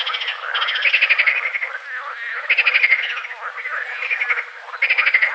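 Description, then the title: Water frog giving rapid rattling croaks, quick pulse trains in uneven bursts. Green frogs at Combrit, Finistère, France, in June 2010. "Sylvain Jaskowiak - Animus. Grenouilles vertes - Combrit, Finistère - juin 2010"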